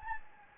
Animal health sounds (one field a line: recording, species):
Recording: mosquito wingbeat signal from an infrared sensor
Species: Anopheles gambiae